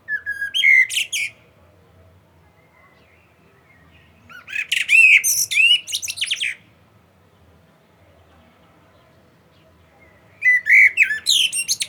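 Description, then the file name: Common blackbird delivering loud, clear song phrases, warbled whistles closing with high squeaky chatter, three phrases spread throughout with long gaps. "Turdus merula"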